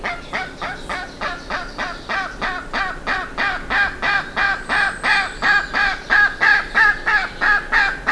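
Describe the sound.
Bird giving harsh, hoarse calls repeated steadily about three times a second throughout.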